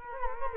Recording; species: mosquito wingbeat signal from an infrared sensor; Culex quinquefasciatus